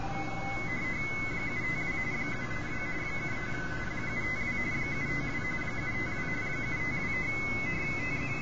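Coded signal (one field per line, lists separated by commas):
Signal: RTTY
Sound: warbling two-tone teletype chatter near 2 kHz with fainter overlapping signals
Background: radio static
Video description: I was just casually hunting and pouncing on RTTY signals on 40 meters and a little on 20 meters.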